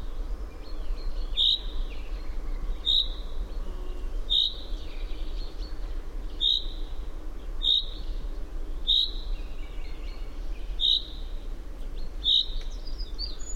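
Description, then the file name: Common chaffinch giving a short, sharp single-note call, repeated at somewhat uneven intervals, eight notes in all, over a steady low rumble. "Fringilla coelebs"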